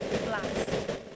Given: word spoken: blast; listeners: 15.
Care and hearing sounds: one English word in noise, from a listening test; noise modulated by three-talker babble; -7.9 dB; 2 of 15; 6 of 15; 0.76 s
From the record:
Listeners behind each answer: 6, 5, 2, 1, 1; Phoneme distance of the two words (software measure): 20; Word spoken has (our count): 1 syllable, 5 phonemes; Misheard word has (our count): 1 syllable, 5 phonemes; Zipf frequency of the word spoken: 4.13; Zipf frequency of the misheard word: 3.52

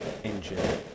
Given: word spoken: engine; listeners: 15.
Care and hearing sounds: one English word in noise, from a listening test; noise modulated by three-talker babble; -4.5 dB; 3 of 15; 6 of 15; 0.55 s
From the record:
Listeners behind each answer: 6, 5, 3, 1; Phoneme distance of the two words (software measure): 27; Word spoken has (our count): 2 syllables, 5 phonemes, stress on syllable 1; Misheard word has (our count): 2 syllables, 4 phonemes, stress on syllable 1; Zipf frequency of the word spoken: 4.50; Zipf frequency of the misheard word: 3.12

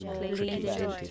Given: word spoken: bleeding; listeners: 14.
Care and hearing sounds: one English word in noise, from a listening test; four-talker babble; -2.0 dB; 0 of 14; 6 of 14; 0.71 s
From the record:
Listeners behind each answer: 6, 1, 1, 1, 1, 1, 1, 1, 1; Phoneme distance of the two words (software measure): 52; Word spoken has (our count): 2 syllables, 6 phonemes, stress on syllable 1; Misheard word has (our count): 2 syllables, 4 phonemes, stress on syllable 2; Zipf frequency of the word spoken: 4.03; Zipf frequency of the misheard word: 5.05

